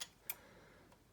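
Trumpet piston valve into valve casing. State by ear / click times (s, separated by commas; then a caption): seated / 0.3 s. After oiling, a trumpet's first piston valve is set back into its metal valve casing and turned by finger until its guide clicks into the slot. A faint tick sounds at 0.0 s, then a sharper, brighter metallic click at 0.3 s, followed by a quiet tail. The valve is seated and aligned.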